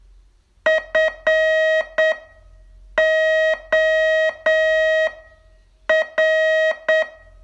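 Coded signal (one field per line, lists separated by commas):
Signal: Morse code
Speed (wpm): 7 wpm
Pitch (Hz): 630 Hz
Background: none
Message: FOR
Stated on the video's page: Morse training test, day 26 of a 42-day course.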